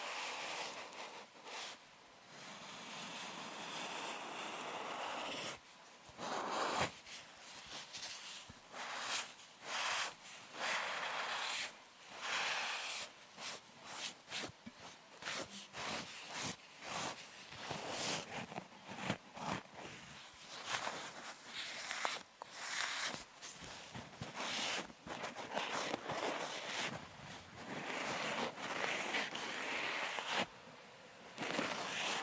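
Dry scratching and rubbing against a microphone, with dense bursts of rough friction broken by quick taps and brief pauses. The noise is bright and hissy, changing constantly in intensity, with sharper hits around five, fifteen and thirty seconds.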